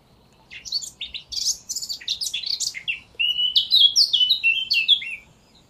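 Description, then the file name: Eurasian blackcap song: a scratchy, rapid warble that breaks into a louder run of clear fluted whistles. "Sylvia atricapilla"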